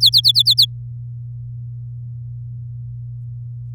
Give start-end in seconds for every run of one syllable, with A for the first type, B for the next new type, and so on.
0.00-0.66 A